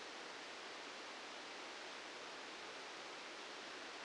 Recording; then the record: brain microelectrode recording played as sound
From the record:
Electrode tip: outside the subthalamic nucleus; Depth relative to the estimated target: -2 mm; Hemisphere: left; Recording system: NeuroSet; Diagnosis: Parkinson's disease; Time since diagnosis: 8 years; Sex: male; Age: 65 years